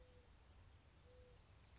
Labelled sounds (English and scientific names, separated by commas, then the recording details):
Mourning Dove (Zenaida macroura)
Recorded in Sonoma County, California